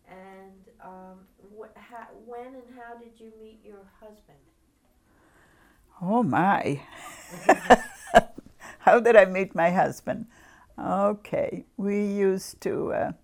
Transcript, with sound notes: And how, when and how did you meet your husband? (she laughs)
How did I meet my husband? Okay. We used to,